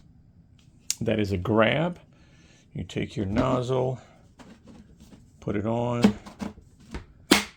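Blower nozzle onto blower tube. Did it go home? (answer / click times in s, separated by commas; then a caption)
yes / 7.3 s. A plastic nozzle is pushed onto the end of the tube of an EGO 1,000 CFM LBX1000 leaf blower while someone talks. A few soft handling knocks lead up to a sharp snap at 7.3 s as the nozzle latches and locks in place on the tube.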